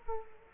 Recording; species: mosquito wingbeat signal from an infrared sensor; Culex quinquefasciatus